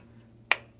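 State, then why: Seated. The lid of a DJI Mic 2 wireless microphone charging case is shut onto the case body, and it snaps into its locked position. A single sharp, bright snap sounds at 0.5 s over a quiet low hum, then fades quickly; the snap shows the lid is locked.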